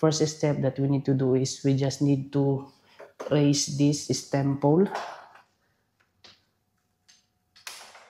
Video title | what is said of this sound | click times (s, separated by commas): Unboxing! New TEVERUN BLADE GT V2 - Vlog 151 | so as you hear the click sound so it means | 7.7 s